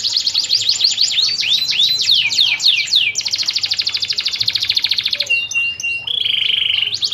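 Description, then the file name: Canary song opening with quick whistled sweeps, shifting into a long rapid trill, then a few clipped notes and a steady buzzy tone. Canary song used as a lure call for training canaries. "Suara Pancingan Kenari"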